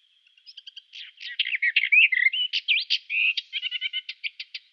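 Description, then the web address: Western Orphean Warbler song: one sustained, varied warbling phrase of chattering notes lasting about four seconds. "Schulze Peter Western Orphean Warbler song"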